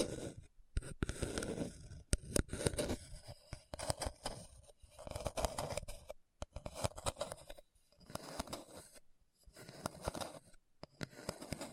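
Scratching on a hard, bumpy surface comes in dense rasping bursts with short silent gaps, pausing near six and ten seconds before resuming.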